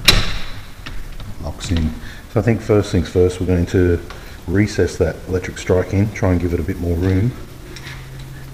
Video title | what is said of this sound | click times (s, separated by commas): Locksmith Job 260 Foyer Door Not Locking | when we back the lock off a bit, locks in. | 0.1 s